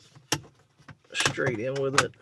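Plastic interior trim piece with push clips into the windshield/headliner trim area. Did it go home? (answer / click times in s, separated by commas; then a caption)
yes / 0.3 s. A plastic interior trim cover in the windshield/headliner trim area of a fourth-generation 2024+ Toyota Tacoma is set back in over the wiring of a Mangoal 4K HDR Starvis 2 dash cam, fitted at the bottom first and then pushed straight in. A sharp, loud snap at 0.3 s marks its push clips seating, with a faint tap near 0.9 s. Someone then talks, and the trim piece is seated.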